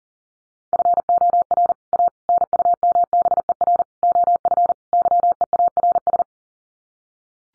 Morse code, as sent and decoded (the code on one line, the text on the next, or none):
..-. --- .-. / .- / -. ..- -- -... . .-. / --- ..-. / -.-- . .- .-. ...
FOR A NUMBER OF YEARS